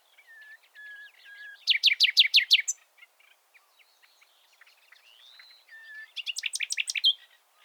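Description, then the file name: Common nightingale song: low whistled notes, a loud rapid burst of sharp notes, quiet varied phrases, then another loud rapid series. "Luscinia megarhynchos"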